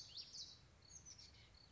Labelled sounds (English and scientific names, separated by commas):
Oak Titmouse (Baeolophus inornatus)